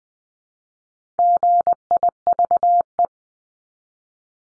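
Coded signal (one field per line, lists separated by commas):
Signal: Morse code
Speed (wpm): 20 wpm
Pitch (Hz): 700 Hz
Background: none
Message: GIVE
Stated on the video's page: Head-copy drill at 20 wpm: each of the top 100 words ending in ING or its root word is sent in Morse, spoken, then sent again.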